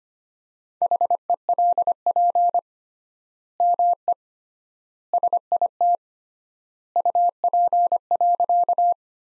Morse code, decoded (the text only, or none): HELP ME SIT UP.